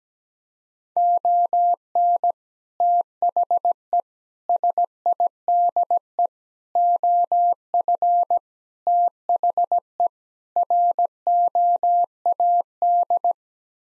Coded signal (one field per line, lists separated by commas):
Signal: Morse code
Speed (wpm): 17 wpm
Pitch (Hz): 700 Hz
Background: none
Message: ON THE SIDE OF THE ROAD